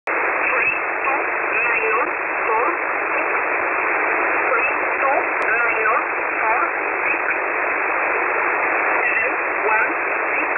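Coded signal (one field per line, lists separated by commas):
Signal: numbers station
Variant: E11 Oblique, English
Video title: 21 05 2021 Number station E11 Oblique in English to Eu 0827 on 4909 unknown tx site in USB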